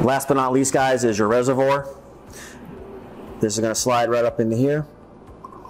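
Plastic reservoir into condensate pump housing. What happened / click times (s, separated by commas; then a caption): The plastic part is being slid into place but has not clicked home yet / none. Someone talks while handling the plastic reservoir of a Silent+ Mini Aspen white condensate pump, about to slide it up into the pump housing. A few brief, faint taps sound near the end, around 5.5 s. Nothing has seated or clicked into place yet.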